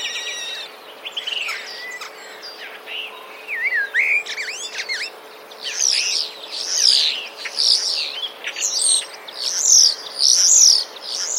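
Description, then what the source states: Common starling song, a varied run of whistles, rising slurs and rapid chattering phrases, growing louder and denser in the second half, with a faint steady hum beneath. Song of common starlings with borrowed imitations of sparrows; recorded 16 March 2024.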